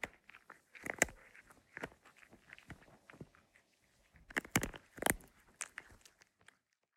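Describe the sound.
Cat eating, with irregular crunching and clicking chews, some much louder than others.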